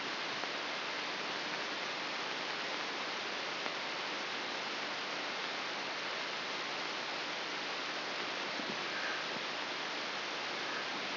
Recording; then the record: brain microelectrode recording played as sound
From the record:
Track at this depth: inside the subthalamic nucleus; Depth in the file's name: 2.1 mm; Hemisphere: left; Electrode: 3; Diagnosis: Parkinson's disease